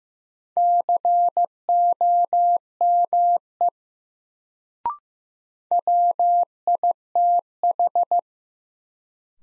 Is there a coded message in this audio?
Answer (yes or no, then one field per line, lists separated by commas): yes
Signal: Morse code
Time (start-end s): 0.6-8.2 s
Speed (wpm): 15 wpm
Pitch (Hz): 700 Hz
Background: none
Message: COME WITH